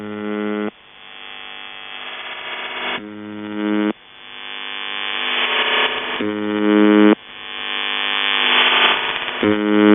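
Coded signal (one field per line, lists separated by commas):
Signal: channel marker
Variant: UVB-76, CIS-12 modem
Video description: Russian Buzzer seen with CIS-12 AT-3104 modem manufacturer by JSC Almaz CIS-12 idle audio channel leaking as audio compression takes place in-between dwell cycle of buzz.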